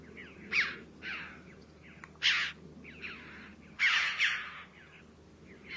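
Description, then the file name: Red-billed chough giving harsh calls at uneven intervals, with a low hum underneath. "Canto do gralha de bico vermelho"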